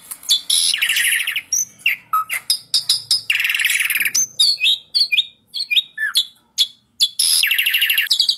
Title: Masteran Jalak Suren Atasi Burung KURANG GACOR Dan LOYO